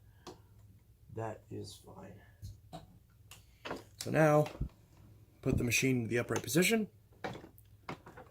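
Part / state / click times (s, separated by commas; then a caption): vacuum handle into upright detent / partly seated / 7.2 s, 7.9 s. Someone talks while the handle of a Bissell PowerClean (3540-1) vacuum is moved into its upright detent position. Faint clicks sound at about 7.2 s and 7.9 s. The detent no longer gives much of a positive click, so it seats only weakly.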